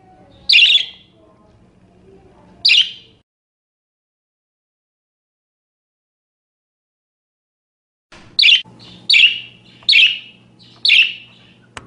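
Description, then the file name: Parakeet chirps: two harsh notes, a silent gap, then four quick scratchy chirps in a burst near the end, over a faint low hum. "suara-burung-parkit -omkicau"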